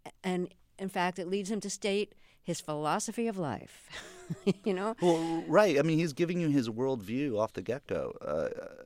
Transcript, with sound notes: and in fact, it leads him to state his philosophy of life, (laughter) you know?
Right, I mean, he's giving you his worldview off the get-go.